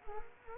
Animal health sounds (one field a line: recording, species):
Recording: mosquito wingbeat signal from an infrared sensor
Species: Culex quinquefasciatus